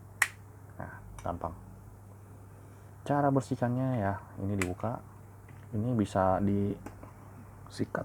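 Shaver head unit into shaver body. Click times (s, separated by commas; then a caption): 0.2 s. The shaving head unit of a Philips Shaver Series 100 S106 electric shaver is lined up with its hooks and pressed onto the shaver body, and it snaps into place with a sharp click at 0.2 s, followed by a softer tap at 0.8 s. Someone then talks for the rest of the clip.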